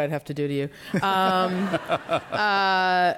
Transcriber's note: laughter